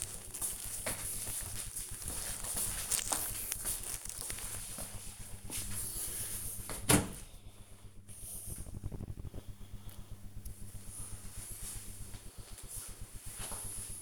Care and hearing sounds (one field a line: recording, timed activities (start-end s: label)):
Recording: household activities, microphone on the right wrist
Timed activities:
none